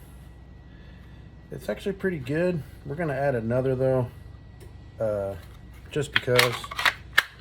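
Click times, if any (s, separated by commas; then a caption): 7.2 s. Someone talks while a Glock 19 pistol fitted with an Olight Baldr Pro weapon light is pushed into a freshly formed kydex holster. A softer tick at about 6.9 s is followed by a sharp snap at 7.2 s as the pistol clicks into the retention and sits firmly seated.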